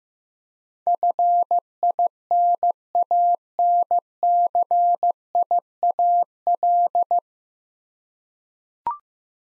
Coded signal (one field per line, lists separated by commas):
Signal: Morse code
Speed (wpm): 15 wpm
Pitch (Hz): 700 Hz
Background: none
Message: FINANCIAL